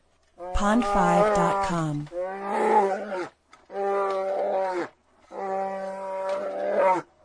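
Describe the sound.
Bear roaring in drawn-out, tonal, moaning bursts of one to two seconds, four calls in a row with short pauses between.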